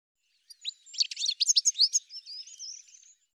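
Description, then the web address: Bird giving a quick burst of high twittering chirps and buzzy notes, then a thinner drawn-out warbling whistle that trails off. "cianscape birddata"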